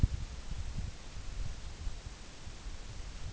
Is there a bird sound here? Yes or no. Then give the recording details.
no. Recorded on Arctic tundra, site NAIT-1, on 24 June 2019. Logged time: 14:00